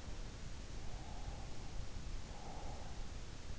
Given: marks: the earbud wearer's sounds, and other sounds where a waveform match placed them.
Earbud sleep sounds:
sounds in sleep by an in-ear microphone; breath
1.27-3.10 s: breath

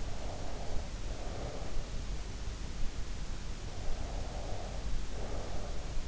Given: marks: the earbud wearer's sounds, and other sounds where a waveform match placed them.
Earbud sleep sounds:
sounds in sleep by an in-ear microphone; breath
0.05-2.14 s: breath
4.06-5.93 s: breath

